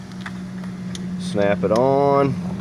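An A/C gauge or charging hose quick-connect coupler is being handled at the low/high-side A/C service port of a Ford Mustang during an A/C compressor replacement and recharge. Someone talks over a steady low hum, with a few faint sharp ticks near 0.1, 0.3 and 0.9 seconds. The coupler has not seated or clicked onto the port yet.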